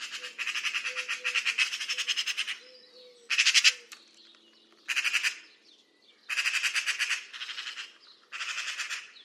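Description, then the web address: Bird calls in harsh, rapidly pulsed bursts lasting half a second to two seconds, repeated several times with short gaps, over a faint low tone. Call labelled "Pi Pi Pi Pi". "Deverinetal 2025 File origin Bird Only"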